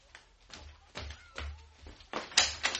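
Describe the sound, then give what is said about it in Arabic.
A door is opened with a series of knocking thumps and clattering creaks, a low rumble under each hit, building to a louder rattling burst at the end. “ولا اقولك قوم افتح الباب.”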